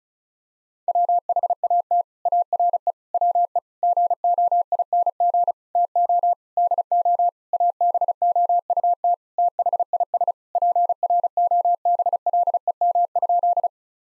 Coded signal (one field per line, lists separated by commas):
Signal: Morse code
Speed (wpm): 36 wpm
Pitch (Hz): 700 Hz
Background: none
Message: WHAT ARE WE GOING TO DO ABOUT THIS PROBLEM?